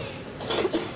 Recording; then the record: coughing mixed with background sound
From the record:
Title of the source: 61 morning phlegmy cough...again